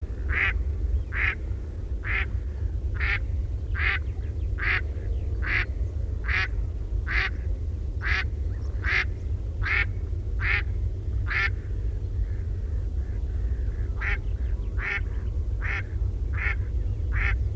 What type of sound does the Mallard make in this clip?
call